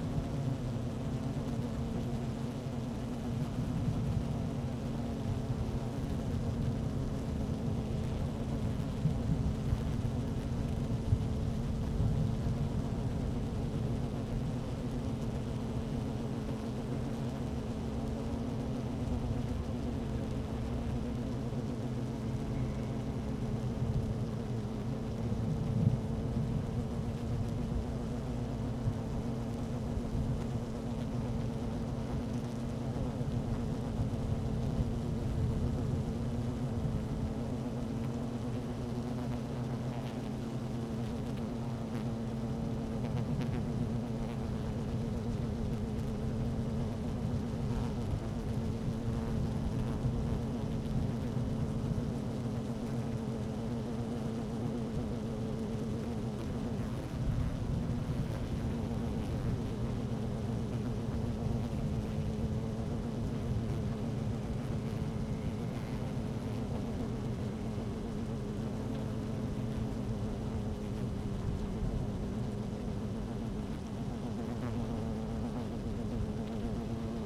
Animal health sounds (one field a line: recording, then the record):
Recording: honeybee colony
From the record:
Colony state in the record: active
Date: 12 June 2018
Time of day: 12:17